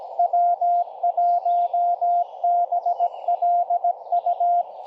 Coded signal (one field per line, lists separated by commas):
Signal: Morse code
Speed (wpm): 23 wpm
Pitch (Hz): 690 Hz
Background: none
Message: W1BLU